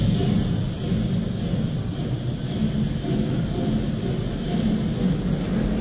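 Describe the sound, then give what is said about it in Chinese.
A train bound for the Korean War front pulls out, heard as a steady, unbroken low rumble with a broad wash of mechanical noise that holds an even loudness throughout, with no voices. “几天后，杨震又一次把刚刚重逢的未婚妻送上了开往朝鲜战场的火车。”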